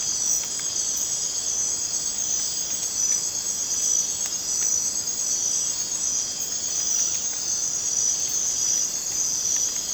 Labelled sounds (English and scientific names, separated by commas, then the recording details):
none
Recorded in dense forest near Puerto Asís, Putumayo, Colombia, on 27 June 2025 at 00:00
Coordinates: 0.484, -76.317
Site G045